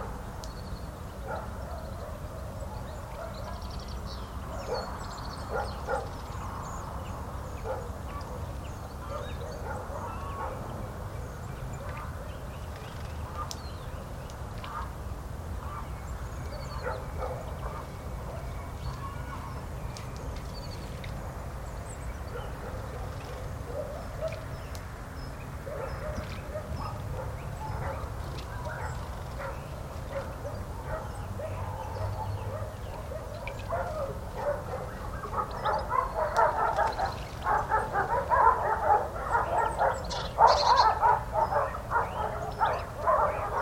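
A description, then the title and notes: Steady low wind rumble underlies scattered short, bark-like calls and faint chirps, with the calls growing louder and busier in the final eight seconds. Recorded by Luís Antero. Nature sounds from a natural classified area in central Portugal. Birds, wind, tranquility.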